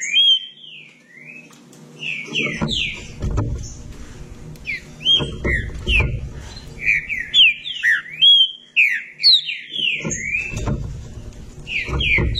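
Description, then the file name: Green-winged saltator singing varied, melodious whistled notes in bursts, each slurring up or down, with intermittent low rumbling noise. "canto do trinca ferro"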